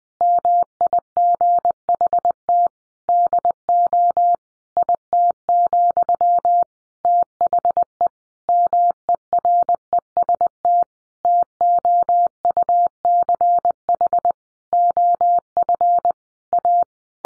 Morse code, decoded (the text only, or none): MIGHT DO IT, THE MEREST TOUCH OF A